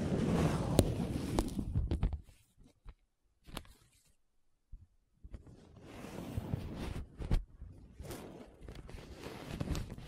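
Paper being rubbed and scratched in dense, rustling bursts. A thick stretch of scraping runs for about two seconds, then a near-silent pause broken by a few sharp ticks. Busy rubbing resumes around five seconds with scattered crisp snaps through to the end.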